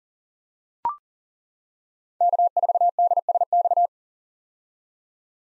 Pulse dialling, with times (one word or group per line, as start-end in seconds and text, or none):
none